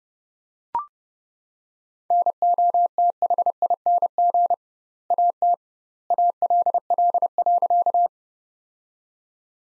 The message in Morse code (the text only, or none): NOTHING AT ALL.